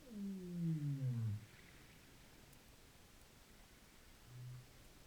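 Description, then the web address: Rorqual downsweeping call with layered harmonics falling steadily in pitch, followed later by a brief low flat tone, against a steady underwater hiss. Recorded in Norway. "college France rorqual Norvege"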